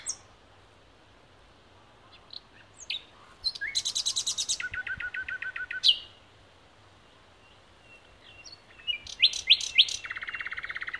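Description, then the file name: Common nightingale song opening quietly, then a loud buzzy rapid trill of repeated notes, a pause, and further sharp phrases ending in a fast repeated rattle. "Luscinia megarhynchos"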